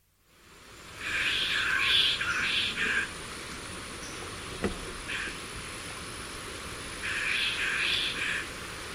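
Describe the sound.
Black-capped donacobius giving two main bursts of harsh, rapidly repeated notes, one early and one near the end, over steady background hiss.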